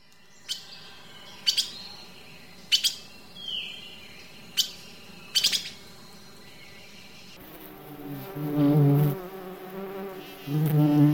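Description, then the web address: Bird calls, short sharp chirps in scattered bursts with one brief downslurred whistle, then a loud low insect buzzing, like bees, takes over the last part. Forest sounds with birds singing and bees buzzing. "zvuci ot gorata peene na ptici zuzene na pceli"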